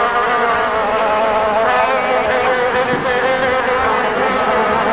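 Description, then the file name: Insect buzz, continuous and even, its layered hum wobbling gently in pitch without pause. "insetti insect"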